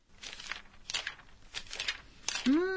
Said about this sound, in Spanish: Es el sonido de pasar las hojas de un libro. ¿Cómo se dice en japonés?